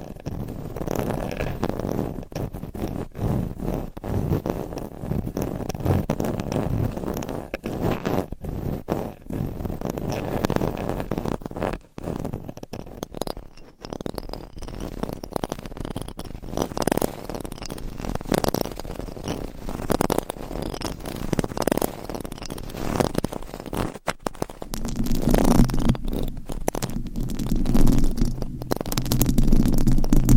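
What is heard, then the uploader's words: Scratching on a microphone, a dense, rough rasping that runs nearly without pause, made of quick uneven strokes. It dips briefly around twelve seconds, then grows louder and fuller after about twenty-five seconds, with a low rumbling hum underneath. ASMR Mic Scratching - Brain Scratching with 4 Mics Hypnotic Asmr No Talking.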